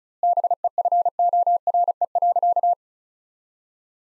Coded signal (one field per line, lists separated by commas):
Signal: Morse code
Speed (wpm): 34 wpm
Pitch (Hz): 700 Hz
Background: none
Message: BEFORE.